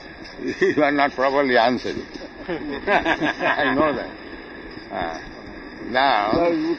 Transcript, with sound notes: You are not properly answering. [laughter] I know that. Now...